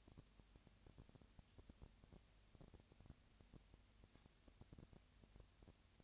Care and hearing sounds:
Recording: daily activity, microphone in the room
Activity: no activity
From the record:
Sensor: 2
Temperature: 20.3 degrees Celsius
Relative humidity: 37.0%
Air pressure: 998.6 hPa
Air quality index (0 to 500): 236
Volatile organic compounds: 38 ppm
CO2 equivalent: 3116 ppm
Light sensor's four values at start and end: 2/3/2/2 and 2/3/2/2

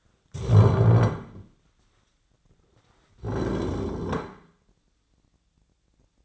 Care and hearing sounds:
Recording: daily activity, microphone in the room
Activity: stand up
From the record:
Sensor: 3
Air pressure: 1009.2 hPa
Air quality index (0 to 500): 185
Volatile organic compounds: 3 ppm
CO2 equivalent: 1492 ppm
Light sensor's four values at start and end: 49/125/55/56 and 33/83/38/39

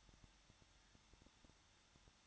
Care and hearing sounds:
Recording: daily activity, microphone in the room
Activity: no activity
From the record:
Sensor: 3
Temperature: 21.2 degrees Celsius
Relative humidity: 36.4%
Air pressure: 1006.3 hPa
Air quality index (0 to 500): 223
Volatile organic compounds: 43 ppm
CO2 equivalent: 3202 ppm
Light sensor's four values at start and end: 2/3/2/2 and 2/3/2/2

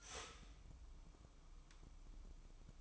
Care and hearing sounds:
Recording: daily activity, microphone in the room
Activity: start toaster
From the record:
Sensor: 1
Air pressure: 1007.1 hPa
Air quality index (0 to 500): 73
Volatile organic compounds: 1 ppm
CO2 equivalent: 652 ppm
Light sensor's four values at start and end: 9/21/8/9 and 9/21/8/9

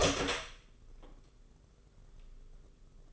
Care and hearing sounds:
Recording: daily activity, microphone in the room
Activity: open door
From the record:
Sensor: 4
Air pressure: 991.2 hPa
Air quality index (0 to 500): 133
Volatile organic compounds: 46 ppm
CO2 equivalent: 3246 ppm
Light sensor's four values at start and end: 9/22/8/9 and 14/34/13/14

